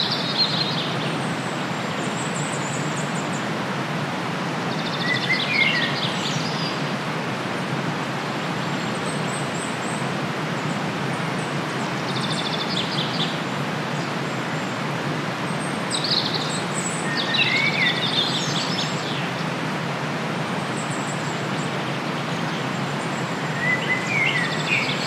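A steady, dense rush of river water fills the scene with a low roar, while bright bird chirps and trills break through every few seconds.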